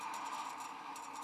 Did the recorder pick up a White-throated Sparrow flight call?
no